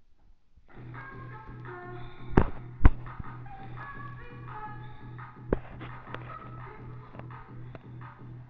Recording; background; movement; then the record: deep breathing; music; sitting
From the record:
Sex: male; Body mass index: 23.7 kg/m2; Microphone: on the chest, facing the body